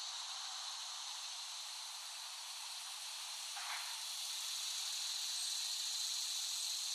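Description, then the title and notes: Cicada chorus, an even high-pitched drone that swells gradually louder, with a single brief click near the middle. Cicadas recorded in West Brighton, Staten Island, late summer 2008. "The Cicadas of Summer. Recording of cicadas made by Dan Bodah in West Brighton, Staten Island, late summer 2008"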